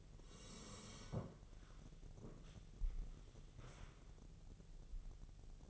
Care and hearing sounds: daily activity, microphone in the room; sit down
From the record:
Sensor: 4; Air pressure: 1001.3 hPa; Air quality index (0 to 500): 181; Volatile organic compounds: 2 ppm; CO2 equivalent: 1298 ppm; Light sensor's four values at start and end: 14/32/13/13 and 14/32/13/13

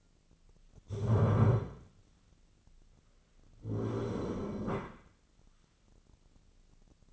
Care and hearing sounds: daily activity, microphone in the room; stand up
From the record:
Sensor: 4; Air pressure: 1010.0 hPa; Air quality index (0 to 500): 198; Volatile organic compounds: 3 ppm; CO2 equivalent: 1424 ppm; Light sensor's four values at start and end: 39/96/40/43 and 38/94/39/42

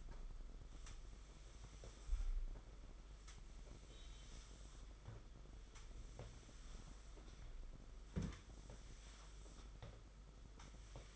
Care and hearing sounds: daily activity, microphone in the room; sweep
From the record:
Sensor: 5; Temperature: 22.1 degrees Celsius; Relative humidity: 50.0%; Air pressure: 991.5 hPa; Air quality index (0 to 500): 120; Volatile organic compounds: 44 ppm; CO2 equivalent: 3207 ppm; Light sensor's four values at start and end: 39/119/46/49 and 40/124/47/51

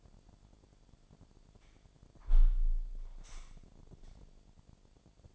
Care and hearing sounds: daily activity, microphone in the room; close window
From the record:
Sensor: 5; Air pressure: 1006.6 hPa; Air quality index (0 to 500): 192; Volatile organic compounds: 5 ppm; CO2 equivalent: 1832 ppm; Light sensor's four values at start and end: 57/162/63/64 and 57/162/63/64

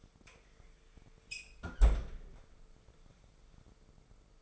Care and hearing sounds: daily activity, microphone in the room; close fridge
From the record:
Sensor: 5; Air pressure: 1015.0 hPa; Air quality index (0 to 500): 192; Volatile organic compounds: 8 ppm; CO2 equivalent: 2110 ppm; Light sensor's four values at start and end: 87/202/87/97 and 79/180/78/86

